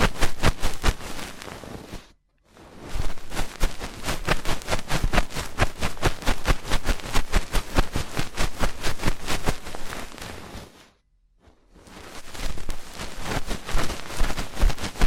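Fast, intense ear cleaning: a dense, rapid run of crackly scratching and tapping clicks, loud and bright from low to high. The rustling runs almost without letup, stopping in two short silences, one near two seconds and another around eleven seconds.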